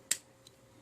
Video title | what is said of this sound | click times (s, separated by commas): Transformers Studio Series #69 Titan class Constructicons Devastator review! | open this up make sure this piece right here is locked in into place | 0.1 s